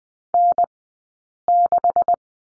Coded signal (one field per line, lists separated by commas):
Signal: Morse code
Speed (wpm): 20 wpm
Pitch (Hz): 700 Hz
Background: none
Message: N6